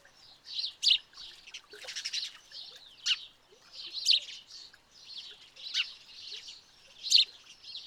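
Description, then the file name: House sparrow chirps in quick succession, irregular and overlapping, with emphatic louder notes recurring throughout. "Passer domesticus"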